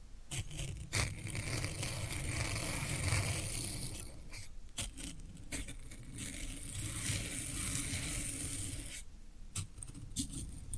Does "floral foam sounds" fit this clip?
yes